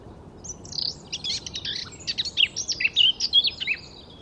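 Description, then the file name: Eurasian blackcap singing a quick chattering warble that builds into a run of louder, clear fluty whistles, all delivered within about four seconds. "Sylvia atricapilla"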